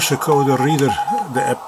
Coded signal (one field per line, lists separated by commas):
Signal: Morse code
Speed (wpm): 23 wpm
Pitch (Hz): 810 Hz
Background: speech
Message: BUT